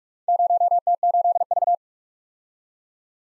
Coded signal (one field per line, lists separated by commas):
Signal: Morse code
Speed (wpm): 46 wpm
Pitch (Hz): 700 Hz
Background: none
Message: 0T8V